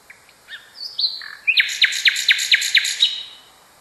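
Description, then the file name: Common nightingale song opening with soft thin notes and a slurred whistle, then a loud series of about seven sharp repeated strokes in quick rhythm. Song variation. "kicauan-nightingale-a-variasi 6-omkicau"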